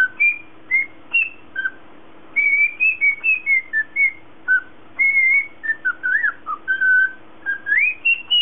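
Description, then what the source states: Cockatiel whistling a lively run of clear, pure notes, some sliding up or down, in quick bursts, with a rising whistle near the end, over a faint steady low hum. Lutino colour variety cockatiel.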